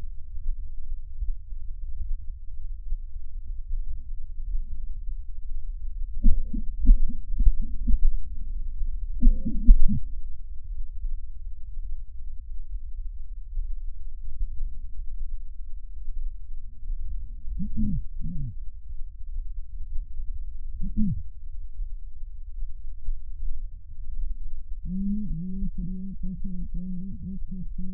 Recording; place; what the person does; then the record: lung sounds by stethoscope; trachea; quiet breathing, then cough and speech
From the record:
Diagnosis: pulmonary infection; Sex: female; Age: 74 years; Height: 160 cm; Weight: 66 kg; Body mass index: 25.8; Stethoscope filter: bell mode